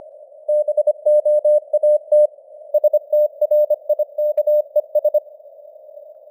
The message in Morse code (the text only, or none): BOAT STRIKES